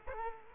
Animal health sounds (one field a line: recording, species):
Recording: mosquito wingbeat signal from an infrared sensor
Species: Culex quinquefasciatus